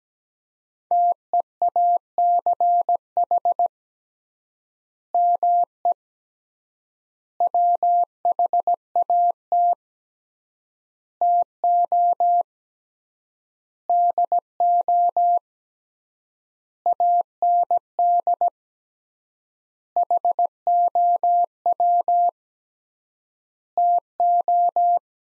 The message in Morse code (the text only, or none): TEACH ME WHAT TO DO AND HOW TO